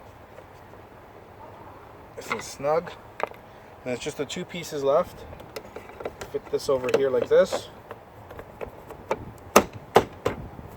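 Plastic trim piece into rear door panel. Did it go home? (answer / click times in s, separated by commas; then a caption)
yes / 9.6 s, 10.0 s. During a rear window regulator fix on a 2004–2008 Grand Prix, someone talks while lining up a plastic trim piece against the rear door panel, with soft handling knocks along the way. The piece is then pressed until its clips snap in, giving two sharp clicks at 9.6 s and 10.0 s, and the trim piece is seated in place.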